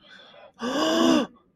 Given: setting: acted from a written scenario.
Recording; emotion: vocal sound without words; distress